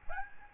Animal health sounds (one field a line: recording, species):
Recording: mosquito wingbeat signal from an infrared sensor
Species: Aedes albopictus